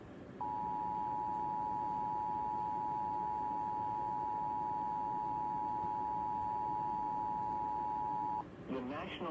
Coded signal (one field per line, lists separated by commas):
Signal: Emergency Alert System (SAME) tones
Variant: 853 and 960 Hz attention tone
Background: speech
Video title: Another one #EAS